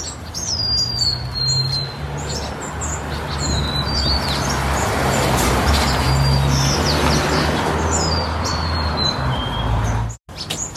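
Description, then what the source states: Sparrows chirping in a dense chorus of high chips, with a few clear descending whistled notes among them, over a steady low rumble of background noise. White-crowned and golden-crowned sparrows chirping and singing together at a large communal winter roost in California.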